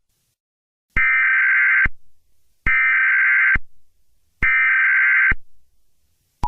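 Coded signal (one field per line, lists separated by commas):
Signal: Emergency Alert System (SAME) tones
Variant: header bursts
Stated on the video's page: Fictional simulated EAS scenario about an alien invasion and a tsunami.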